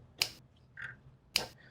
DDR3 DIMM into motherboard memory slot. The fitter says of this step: so those two clicks and you can also see